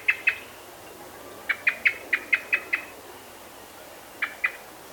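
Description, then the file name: Common blackbird uttering clear, hard chink notes, a pair, then a run of seven, then another pair after a pause, over quiet hiss. "Turdus merula"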